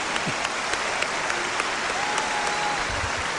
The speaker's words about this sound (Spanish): Gracias. A ustedes, mi aplauso.